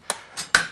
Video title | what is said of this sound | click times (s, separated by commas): Caroma Walvit Wall Hung Toilet Installation | snaps right into place simple as that | 0.6 s